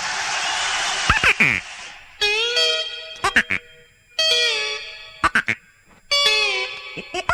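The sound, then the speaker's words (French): A cartoon duck, Rocky the duck, quacks in three drawn-out, nasal, buzzy bursts, each sliding in pitch. Short sharp clicks fall between them, and a hissy burst of noise opens the sequence. “Les copains, je vais vous raconter l'histoire de Nana, le Rocky Canard.”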